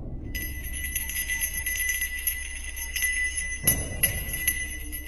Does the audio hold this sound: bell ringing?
yes